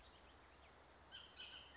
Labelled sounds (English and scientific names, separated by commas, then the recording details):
Bullock's Oriole (Icterus bullockii)
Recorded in Sonoma County, California